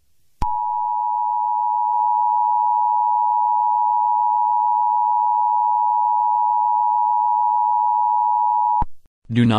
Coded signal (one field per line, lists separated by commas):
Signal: Emergency Alert System (SAME) tones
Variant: 853 and 960 Hz attention tone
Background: speech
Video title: EAS Scenario: The Asteroid